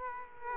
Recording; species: mosquito wingbeat signal from an infrared sensor; Culex quinquefasciatus